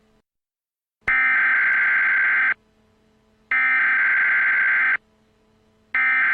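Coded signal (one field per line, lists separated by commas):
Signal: Emergency Alert System (SAME) tones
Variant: header bursts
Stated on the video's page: Simulated EAS scenario for entertainment, not a real event.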